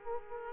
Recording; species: mosquito wingbeat signal from an infrared sensor; Aedes aegypti